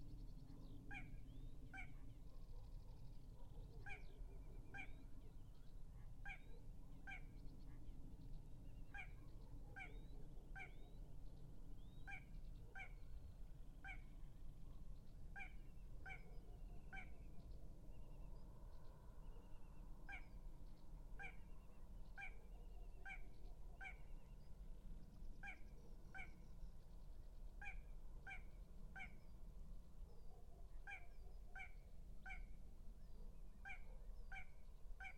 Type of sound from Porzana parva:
song